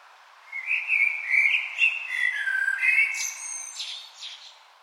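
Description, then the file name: Common blackbird giving one fluting, warbling phrase of low whistles that breaks into a thin, high twittering ending. "Turdus merula"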